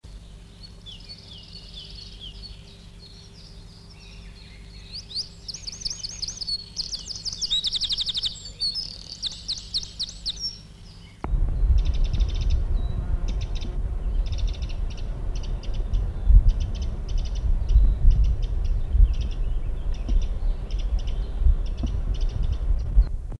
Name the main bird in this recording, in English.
Eurasian Wren